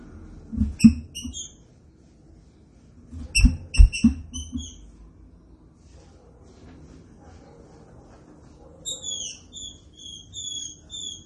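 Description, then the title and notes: Green-winged saltator song: two bursts of quick, ringing whistled notes over heavy low knocking, followed later by a run of descending slurred whistles. Training recording of the classic song style (canto clássico). "Canto Clássico Trinca Ferro TREINAMENTO. trinca fero"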